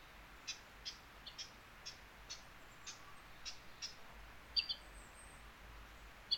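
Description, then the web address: Bird calls, short high chirps repeated at irregular intervals, with a few sharper double notes near the end, over steady low background noise. Wild bird recorded on 27 August 2019. "yacho koe 02 190827"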